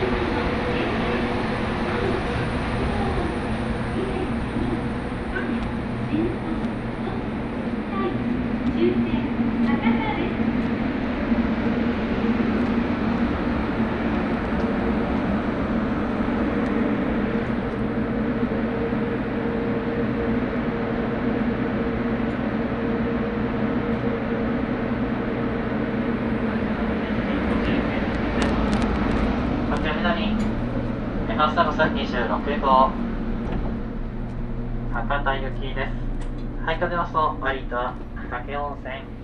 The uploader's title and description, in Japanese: 大村線・佐世保線特急ハウステンボス26号 ハウステンボス→武雄温泉。ハウステンボスから特急ハウステンボス号で武雄温泉に向かいます